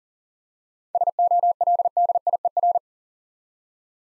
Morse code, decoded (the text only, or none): SOLDIER